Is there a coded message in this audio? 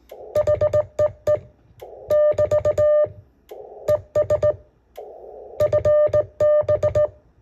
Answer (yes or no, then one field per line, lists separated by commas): yes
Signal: Morse code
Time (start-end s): 0.4-7.1 s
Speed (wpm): 18 wpm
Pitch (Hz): 600 Hz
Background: none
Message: HEE <BT> ES FB